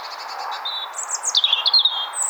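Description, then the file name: European robin song: a quick series of high notes, then thin descending whistled sweeps and twittering, varied and sweet. "Erithacus rubecula"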